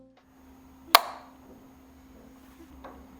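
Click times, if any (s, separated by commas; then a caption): 0.9 s. A magnetic wireless charging puck with a metal ring is put onto the bare glass back of a phone with no case, and it snaps on with one loud, sharp click at 1.0 seconds because the metal hits the glass. A faint tick comes at about 0.2 seconds and a soft knock at about 2.9 seconds, over a low steady hum. The charger is seated on the phone.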